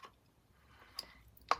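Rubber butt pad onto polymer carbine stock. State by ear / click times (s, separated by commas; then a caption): seated / 1.5 s. An extended rubber butt pad is pushed back onto an airsoft replica's polymer carbine stock with a bit of force. After quiet handling and a softer tick near 1.0 s, it pops into place with a sharp snap at 1.5 s, leaving the pad seated on the stock.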